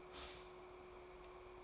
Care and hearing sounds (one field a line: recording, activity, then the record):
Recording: daily activity, microphone in the room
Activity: stop toaster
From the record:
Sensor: 1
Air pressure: 1004.3 hPa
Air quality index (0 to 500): 201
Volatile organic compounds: 19 ppm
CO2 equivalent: 2654 ppm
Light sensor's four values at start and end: 5/13/4/5 and 5/13/4/5